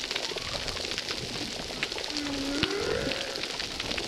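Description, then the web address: Humpback whale song unit: one steady moan that rises and curves upward in its second half, set against constant crackling reef noise. Humpback whales recorded at a reef site called Recif 10; recording filtered. "Brigitte RECIFS Recif 10 Humpback Whales"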